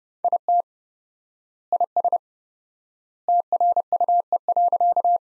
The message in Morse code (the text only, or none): IT IS TRUE.